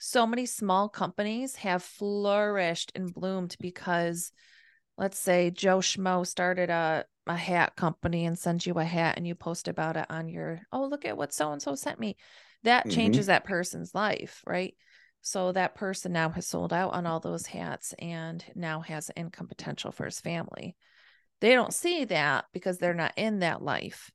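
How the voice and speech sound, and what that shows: One woman speaking fluently at a relaxed conversational pace in a small room; ordinary, clear speech.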